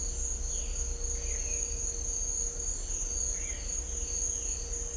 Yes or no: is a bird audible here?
no